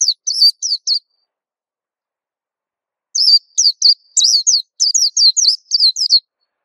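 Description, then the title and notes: White-eye song: a short run of high twittering notes, a pause of about two seconds, then a longer, lively string of sliding chirps. Local name pleci; described as a long, melodious song. "Kicau Burung Pleci ampuh. suara burung pleci merdu panjan"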